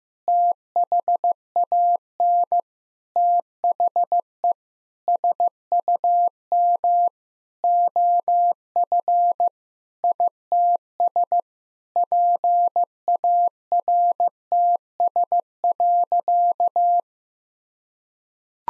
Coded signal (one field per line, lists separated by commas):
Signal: Morse code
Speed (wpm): 16 wpm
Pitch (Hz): 700 Hz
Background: none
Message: THAN THE SUM OF ITS PARTS.